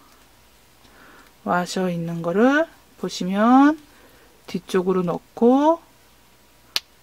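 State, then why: Seated. A plastic washer is pushed onto the back of a plastic safety eye's shank in a crocheted doll while someone talks. After the talking stops, a single short, sharp snap at 6.8 s shows the washer has seated on the safety eye.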